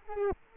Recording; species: mosquito wingbeat signal from an infrared sensor; Culex quinquefasciatus